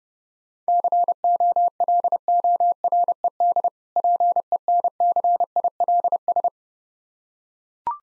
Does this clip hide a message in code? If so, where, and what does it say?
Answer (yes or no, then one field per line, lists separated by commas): yes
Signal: Morse code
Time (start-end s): 0.7-6.5 s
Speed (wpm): 30 wpm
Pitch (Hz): 700 Hz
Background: none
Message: COLORED PENCILS